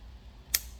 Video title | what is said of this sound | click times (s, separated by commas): Gamma+ X Ergo, Prodigy and magnetic charging cable | and you have the audible click | 0.6 s